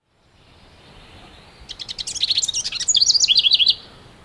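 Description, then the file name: House wren giving one phrase: faint buzzy chatter that swells into a rapid run of bright, bubbling, wavering high notes ending abruptly. "Troglodytes aedon - House Wren"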